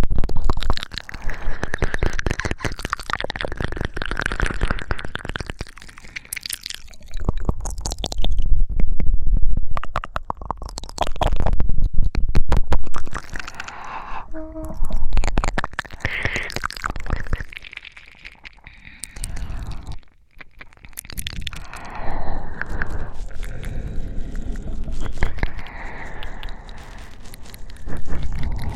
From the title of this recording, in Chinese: 口腔音吸耳 喘粗气声